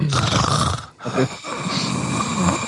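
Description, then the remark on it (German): Loud, raspy heavy breathing: one long breath, a brief pause, then another drawn-out breath, with a rough, snore-like rumble throughout and no talking. “Was ist denn das eigentlich für ein schweres Atmen?”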